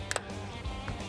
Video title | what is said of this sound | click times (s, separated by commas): Find Out How Unbreakable The '91 Suburban Really Is - Music City Trucks S1, E11 | Oh, that one snapped right in. You hear that? Yeah, I felt that. | 0.1 s, 0.2 s